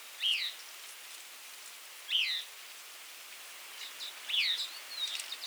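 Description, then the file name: Northern waterthrush calling: three sharp, metallic, downslurred chip notes about two seconds apart, with fainter higher notes and a steady background hiss. "Northern Waterthrush - Parkesia noveboracensis"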